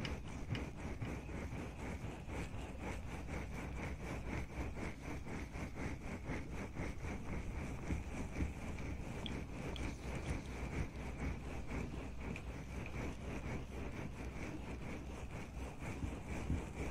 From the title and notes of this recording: ASMR Ear cleaning & Ear massage.